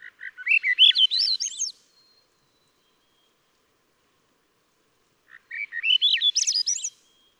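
Swainson's thrush giving two ascending, fluty spiralling phrases separated by a few seconds of silence.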